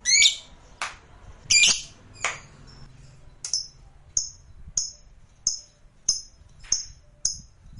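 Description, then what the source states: Lovebird making harsh, shrill squawks followed by a regular series of brief high-pitched chirps, evenly spaced. Lovebird calls used to stimulate lovebirds.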